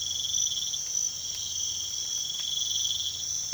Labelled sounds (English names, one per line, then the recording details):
none
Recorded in pastures near Puerto Asís, Putumayo, Colombia, on 24 March 2025 at 05:00
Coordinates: 0.487, -76.322
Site G077